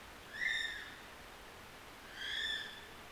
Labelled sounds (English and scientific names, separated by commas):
North Island Brown Kiwi (Apteryx mantelli) male call